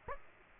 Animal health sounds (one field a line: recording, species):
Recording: mosquito wingbeat signal from an infrared sensor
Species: Aedes aegypti